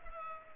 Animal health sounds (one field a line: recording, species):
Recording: mosquito wingbeat signal from an infrared sensor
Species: Culex pipiens